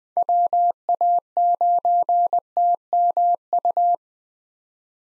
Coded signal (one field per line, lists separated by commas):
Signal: Morse code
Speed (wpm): 20 wpm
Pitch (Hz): 700 Hz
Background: none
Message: WA9TMU